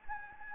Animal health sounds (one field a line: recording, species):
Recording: mosquito wingbeat signal from an infrared sensor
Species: Anopheles gambiae